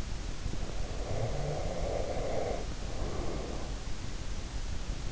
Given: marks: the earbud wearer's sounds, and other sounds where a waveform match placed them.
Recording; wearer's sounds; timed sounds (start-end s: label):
sounds in sleep by an in-ear microphone; breath
0.91-3.82 s: breath